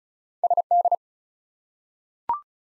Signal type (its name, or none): Morse code